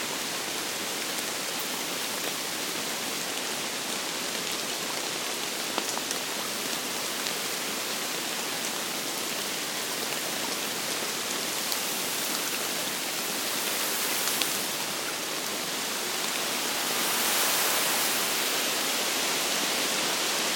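Rain falls steadily under a tree, a dense, even hiss with countless fine drops pattering on leaves. A few sharper drips stand out now and then, around six and fourteen seconds. Near seventeen seconds the shower swells slightly brighter and fuller before settling.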